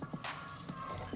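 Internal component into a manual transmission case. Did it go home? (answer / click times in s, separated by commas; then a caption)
no / none. During assembly of a PGS R154 dogbox manual transmission, after a snap ring has been fitted, a metal component is being pushed by hand into the gearbox case. Over background music there are short handling knocks and shuffling sounds near 0.0, 0.2 and 0.7 seconds. Nothing has seated or snapped in yet.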